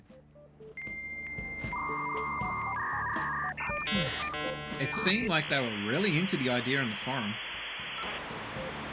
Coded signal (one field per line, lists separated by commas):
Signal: dial-up modem handshake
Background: speech